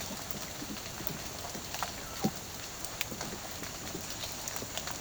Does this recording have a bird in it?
no